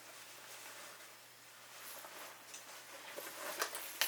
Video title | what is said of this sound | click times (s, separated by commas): Lillebaby - FULL Lineup- Almost Every Carrier | and it snaps into place and then you have a mesh i don't know if you can see that | 4.0 s